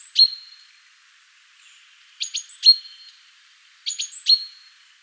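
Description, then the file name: Great tit giving repeated call phrases: a couple of sharp high chips followed by a bright sustained whistle, repeated a few times. "Parus major"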